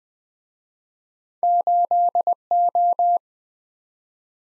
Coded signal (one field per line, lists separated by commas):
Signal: Morse code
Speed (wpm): 24 wpm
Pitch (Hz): 700 Hz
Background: none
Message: 8O